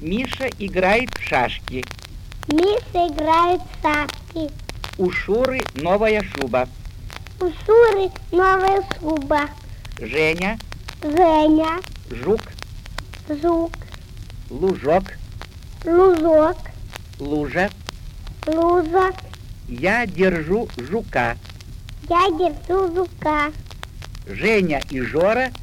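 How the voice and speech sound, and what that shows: An adult imitating hushing sigmatism, a disorder in pronouncing the hushing sibilants ш and ж, repeating Russian words and short phrases, each said twice with pauses between.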